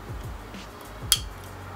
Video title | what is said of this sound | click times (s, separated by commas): Fork Seal Service (Showa BPF) ZX10R - CBR1000RR | then we're gonna get our pick and you should hear it click hit the snap in place that's one | 1.1 s